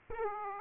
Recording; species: mosquito wingbeat signal from an infrared sensor; Aedes aegypti